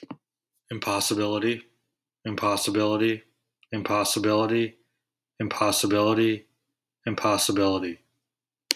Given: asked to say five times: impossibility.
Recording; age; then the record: repeated word; 30 to 39 years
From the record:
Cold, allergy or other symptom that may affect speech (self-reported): no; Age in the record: 35 years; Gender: other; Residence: California, United States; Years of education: 16